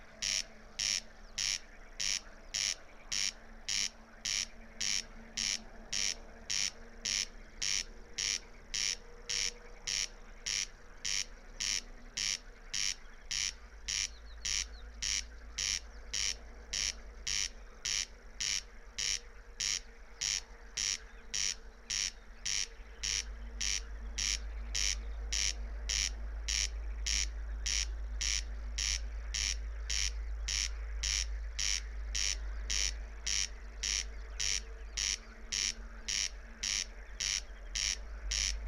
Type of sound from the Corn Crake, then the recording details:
song. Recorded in the wild. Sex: male. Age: adult. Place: Schwedt/Oder, Nationalpark Unteres Odertal, Brandenburg, DE. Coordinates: 50.0397, 14.2977. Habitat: meadow. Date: 2020-06-04 02:30. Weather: 8°C, 90% humidity, almost windless. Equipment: TASCAM DR680, Microtech Gefell MK 250/MV220. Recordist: Frommolt, Karl-Heinz